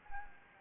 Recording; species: mosquito wingbeat signal from an infrared sensor; Anopheles gambiae